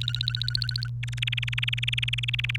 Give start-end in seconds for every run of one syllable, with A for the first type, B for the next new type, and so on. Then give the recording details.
0.02-0.88 A, 1.03-2.56 B. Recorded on 29 April 2018 at 16:41. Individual llb3